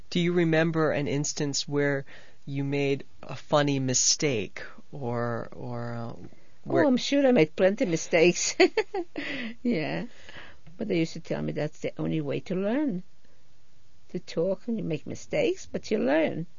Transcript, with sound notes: Do you remember an instance where you made a funny mistake or...
Well, I'm sure I made plenty of mistakes. ( she laughs ) Yeah. But they used to tell me that's the only way to learn, to talk, and you make mistakes, but you learn.